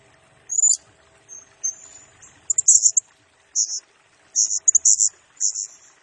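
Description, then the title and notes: Blue-crowned hanging parrot giving thin, high-pitched squeaks and short buzzy bursts, spaced irregularly. Serindit lure and tutoring song used to train and attract birds, in the vigorous gacor, rapid-fire nembak singing style, said to stir up all birds. "Burung Serindit Nembak Gacor Bikin Emosi Semua Burung. Suara Nasteran Dan Pemikat Burung Serinditan Gacor"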